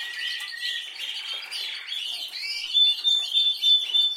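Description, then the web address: Canary singing rapid, high rolling trills that grow louder toward the end. "Golchin Best Canari Seda Canari. Niyaz Music)"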